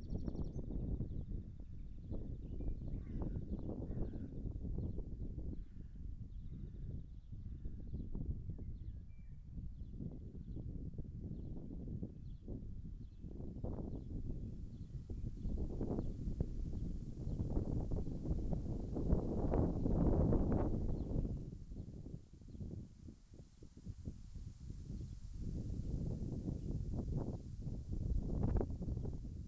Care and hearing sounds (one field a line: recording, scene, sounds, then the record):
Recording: everyday scene through a hearing-aid microphone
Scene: wind on the microphone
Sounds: wind, birds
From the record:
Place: in front of a rural house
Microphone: behind the ear, left, front